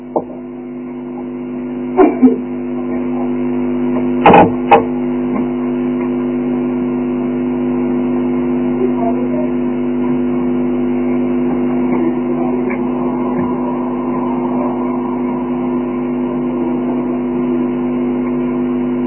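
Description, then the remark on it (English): A car with a loud exhaust rumbles in a steady, low, throbbing drone for the whole stretch, with a few sharp bursts near the start. “The biggest gangster in Mexico just turned up with a noisy exhaust pipe again.”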